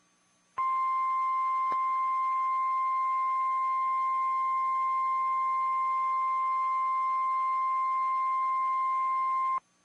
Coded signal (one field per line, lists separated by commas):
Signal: Emergency Alert System (SAME) tones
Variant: 1050 Hz attention tone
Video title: EAS#156: LOT SVR KWO39